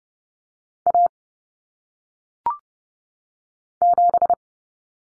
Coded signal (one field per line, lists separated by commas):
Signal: Morse code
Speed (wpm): 30 wpm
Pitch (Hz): 700 Hz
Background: none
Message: A 7